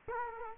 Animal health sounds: mosquito wingbeat signal from an infrared sensor; Culex quinquefasciatus

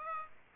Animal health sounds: mosquito wingbeat signal from an infrared sensor; Aedes aegypti

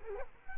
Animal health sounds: mosquito wingbeat signal from an infrared sensor; Culex quinquefasciatus

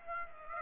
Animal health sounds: mosquito wingbeat signal from an infrared sensor; Aedes aegypti

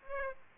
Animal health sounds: mosquito wingbeat signal from an infrared sensor; Aedes aegypti

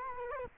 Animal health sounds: mosquito wingbeat signal from an infrared sensor; Culex quinquefasciatus

